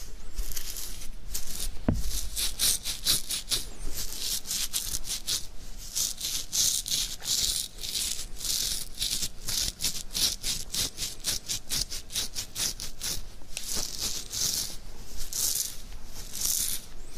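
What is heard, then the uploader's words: Beard scratching, a steady run of dry, bristly rasps that repeat quickly and unevenly for the whole length, bright and crackly in tone. A single low thump lands near two seconds. ASMR INSANE BEARD SCRATCHING.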